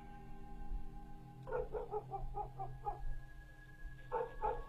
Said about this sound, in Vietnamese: quả nhiên là chó nhà hàng xóm đã bắt đầu cắn lên nhấm nhặt.